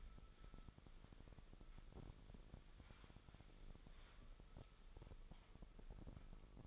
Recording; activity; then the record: daily activity, microphone in the room; wipe stove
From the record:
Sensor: 5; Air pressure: 1001.2 hPa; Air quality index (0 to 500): 248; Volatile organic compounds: 35 ppm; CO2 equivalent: 3057 ppm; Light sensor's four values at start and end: 31/70/29/28 and 33/75/30/29